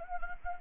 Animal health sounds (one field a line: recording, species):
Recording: mosquito wingbeat signal from an infrared sensor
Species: Anopheles gambiae